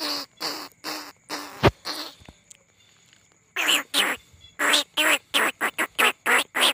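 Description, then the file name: Rice-field rat squeals, a few spaced nasal squeaks, a quiet stretch with faint clicks, then a fast run of sharp squeaks. Lure call recording. "tieng goi chuot dong"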